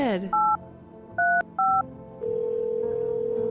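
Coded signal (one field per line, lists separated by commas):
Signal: DTMF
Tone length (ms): 250 ms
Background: speech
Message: 835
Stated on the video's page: From No, I'm Not a Human gameplay.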